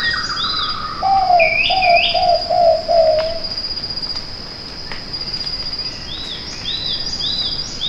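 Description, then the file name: Whiskered pitta calling a run of several low mellow whistles amid a constant shrill insect tone and other birds' arched, higher notes. "pitta kochi"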